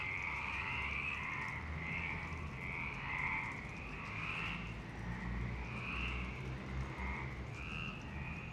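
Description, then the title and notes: Frogs croaking in an overlapping chorus of pulsed, buzzy calls, with a steady low rumble of background noise underneath. Several frogs in Parc Longchamp, Marseille, Provence-Alpes-Côte d'Azur, France; 26 March 2011 at 19:35; recorded with a MixPre-6 and Basic UCHO. "Marseille, Provence-Alpes-Côte d'Azur, France - 26_03_11_19_35 Longchamps_004 grenouilles. Grenouilles au parc de Longchamp"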